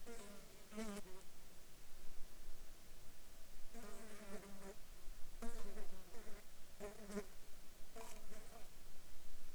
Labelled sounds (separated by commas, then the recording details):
insects
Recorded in the Arctic National Wildlife Refuge, Alaska, on 14 July 2019 at 21:25
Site 35